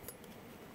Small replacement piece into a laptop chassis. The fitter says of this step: this one will just snap into place